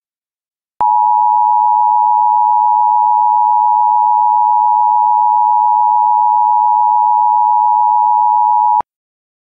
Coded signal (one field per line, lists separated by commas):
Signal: Emergency Alert System (SAME) tones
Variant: 853 and 960 Hz attention tone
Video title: EAS Child Abduction Emergency (Very Dangerous AMBER Alert!) St. Louis, Missouri Statewide Alert